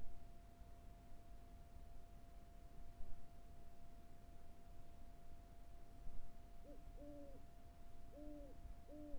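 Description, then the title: Owl hooting after a quiet stretch, four low hoots in the final seconds, steady faint tone in the background. Carrizo Plain. "neoscenes: Carrizo Plains owl"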